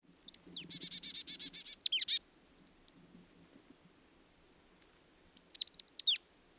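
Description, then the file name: Marsh tit calls: sharp high downslurred notes, then a run of buzzy nasal notes, a loud pair of high slurred notes, and another cluster of bright slurred notes near the end. "Poecile palustris"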